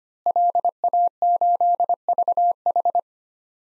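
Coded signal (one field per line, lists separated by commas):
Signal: Morse code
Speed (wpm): 25 wpm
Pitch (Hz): 700 Hz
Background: none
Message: LA8VH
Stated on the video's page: Head-copy drill at 25 wpm of 5-character non-US DXCC call signs, each sent twice, spoken, then sent again.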